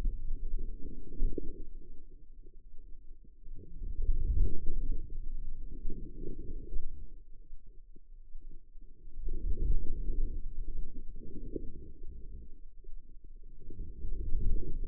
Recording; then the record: forearm muscle sounds (acoustic myography)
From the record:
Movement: outward rotation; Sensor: system 2, bracelet of six BSWA MPA416 microphones around the upper forearm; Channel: 6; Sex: female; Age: 25 years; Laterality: right